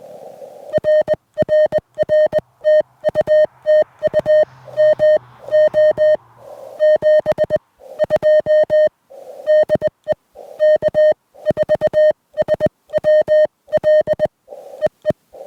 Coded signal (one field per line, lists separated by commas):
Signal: Morse code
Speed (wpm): 20 wpm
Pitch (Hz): 3050 Hz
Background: music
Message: RRR TU TU MO 72 DE K4SWL EE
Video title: Parting Ways with My Venus SW-3B: One Last POTA Activation!